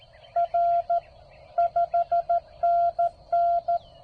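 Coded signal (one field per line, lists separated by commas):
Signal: Morse code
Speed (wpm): 14 wpm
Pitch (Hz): 690 Hz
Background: none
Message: R 5NN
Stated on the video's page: CW park activation on a Penntek TR-45L transceiver, its first outing.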